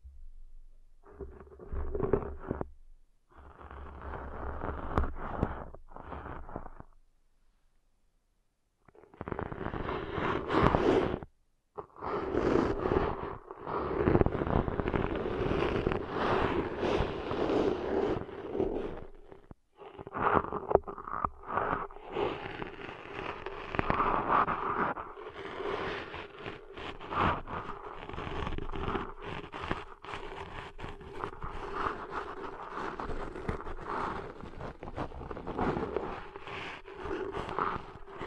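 Deep ear cleaning sounds, dense rustling and scraping in uneven bursts with brief silent gaps early, then continuous crackly scratching with a steady low tone.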